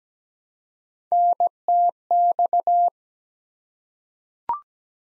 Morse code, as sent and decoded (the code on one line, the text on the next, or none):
-. - -..-
NTX